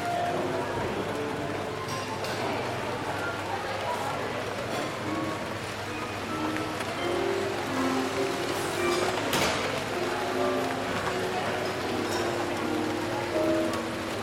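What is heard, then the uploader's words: Friendly chatter fills a rainy coffee shop, with steady pattering rain beneath, short soft piano-like tones throughout, and a sharp clink near nine seconds. Rainy Day Coffee Shop. Cozy up in the coffee shop with this mix of friendly chatter, tinkering cups, pattering rain, and soft piano.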